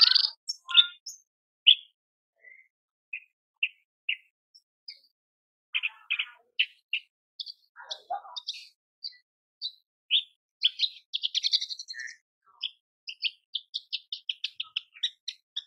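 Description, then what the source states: Horsfield's bush lark song: a varied run of short high chirps, trills and buzzy notes, irregularly spaced, with a dense rapid burst near eleven seconds and no other sounds. Masteran tutor recording for training caged birds; described as super gacor, singing persistently.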